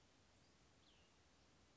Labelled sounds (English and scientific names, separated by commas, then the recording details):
Cassin's Vireo (Vireo cassinii)
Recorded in Sonoma County, California